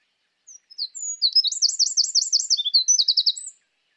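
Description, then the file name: Eurasian wren song: high, piercing notes running into two quick rhythmic trills, the whole phrase lasting about three seconds before stopping. "Troglodytes troglodytes"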